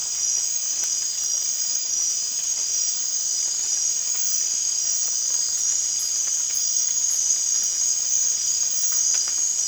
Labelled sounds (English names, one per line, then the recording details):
none
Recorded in dense forest near Puerto Asís, Putumayo, Colombia, on 27 June 2025 at 00:00
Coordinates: 0.468, -76.322
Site GP03